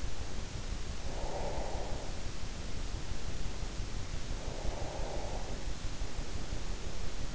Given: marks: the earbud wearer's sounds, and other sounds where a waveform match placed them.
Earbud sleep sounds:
sounds in sleep by an in-ear microphone; breath
0.74-2.42 s: breath
4.42-5.94 s: breath

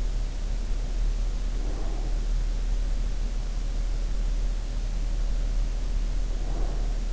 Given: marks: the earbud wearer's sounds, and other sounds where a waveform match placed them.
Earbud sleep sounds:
sounds in sleep by an in-ear microphone; breath
0.68-2.18 s: breath
6.21-7.13 s: breath

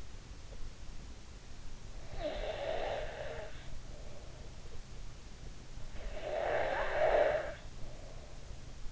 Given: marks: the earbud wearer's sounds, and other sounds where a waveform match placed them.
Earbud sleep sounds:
sounds in sleep by an in-ear microphone; breath
2.01-5.11 s: breath
5.95-8.92 s: breath

